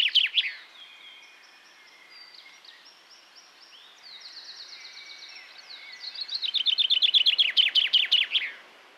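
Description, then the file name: Common chaffinch singing: the tail of one phrase, fainter song in the middle, then a loud trill of falling notes ending in a flourish. "Fringilla coelebs"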